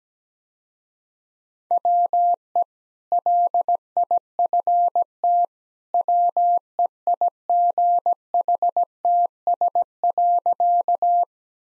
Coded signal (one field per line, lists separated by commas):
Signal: Morse code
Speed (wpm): 17 wpm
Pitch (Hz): 700 Hz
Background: none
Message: WE LIFT WEIGHTS.